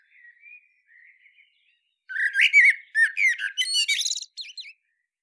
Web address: SETE data Turdus merula